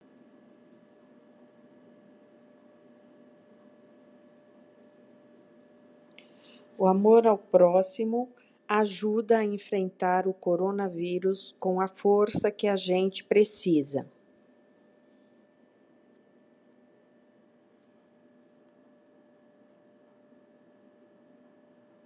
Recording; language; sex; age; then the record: spoken sentence; Brazilian Portuguese; female; 60 to 69 years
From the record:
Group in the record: control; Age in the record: 61 years